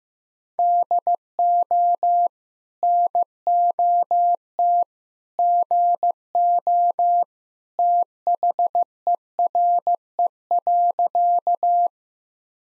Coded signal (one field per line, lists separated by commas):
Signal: Morse code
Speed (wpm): 15 wpm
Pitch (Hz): 700 Hz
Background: none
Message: DO NOT GO THERE.